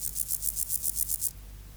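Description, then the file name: Meadow grasshopper song, a quick series of several dry, high buzzy pulses over just over a second, then quiet with faint low rumble. "Chorthippus parallelus"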